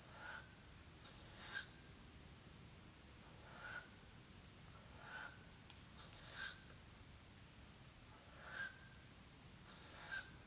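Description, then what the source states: Hume's owl begging calls: short raspy hisses repeated roughly every one to two seconds, over a steady high-pitched cricket drone. Begging calls of nestlings together with soliciting calls of an adult female.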